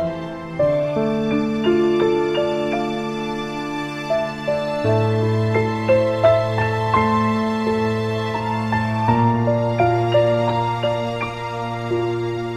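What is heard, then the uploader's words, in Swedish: Calm instrumental music: deep bass notes held for several seconds and changing about every four, under sustained chords and light, repeating chiming notes. I hjärtat av denna sjö omgiven av graciösa berg.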